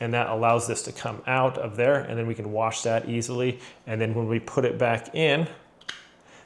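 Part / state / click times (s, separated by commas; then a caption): removable plastic insert in personal blender cup/lid / seated / 5.9 s. Someone talks while a removable plastic insert, released by pinching its two small tabs, is set back into the cup/lid of a KOIOS 900W personal blender. A short, sharp snap is heard at 5.9 s as the lock snaps into place, and the insert is seated.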